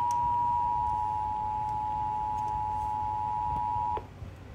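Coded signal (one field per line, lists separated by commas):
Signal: Emergency Alert System (SAME) tones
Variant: 853 and 960 Hz attention tone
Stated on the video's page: Severe thunderstorm warning EAS alerts received on eleven stations and on weather radio station WXM70.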